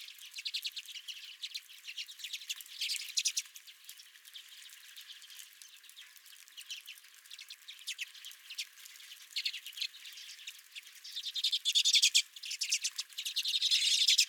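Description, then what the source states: Redpolls giving dry, rapid chattering calls in uneven bursts, several birds overlapping, with a louder busy flurry of twittering toward the end. Several redpolls at the recordist's feeder.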